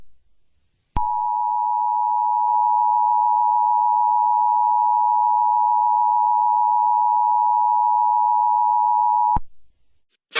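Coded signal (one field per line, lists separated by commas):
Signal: Emergency Alert System (SAME) tones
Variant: 853 and 960 Hz attention tone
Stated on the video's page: Fictional EAS scenario; simulated.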